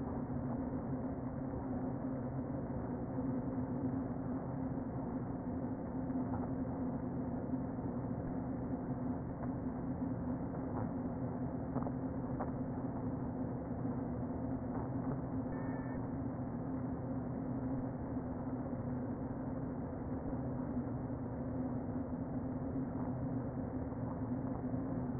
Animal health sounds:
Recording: honeybee colony, microphone inside the hive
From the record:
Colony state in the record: queen present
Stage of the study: before two queens were removed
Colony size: about 60,000 bees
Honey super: yes

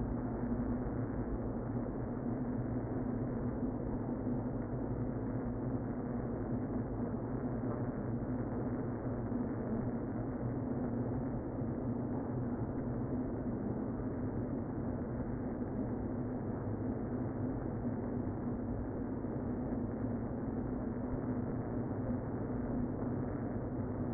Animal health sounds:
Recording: honeybee colony, microphone inside the hive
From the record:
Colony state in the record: queen present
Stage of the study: before two queens were removed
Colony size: about 60,000 bees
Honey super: yes

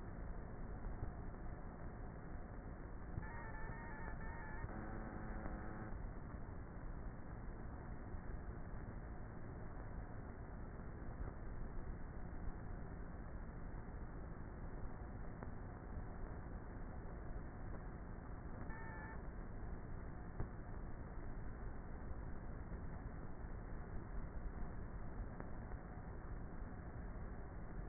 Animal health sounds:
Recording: honeybee colony, microphone inside the hive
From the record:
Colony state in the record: queenless with a low population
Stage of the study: before two queens were removed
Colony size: about 30,000 bees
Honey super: no

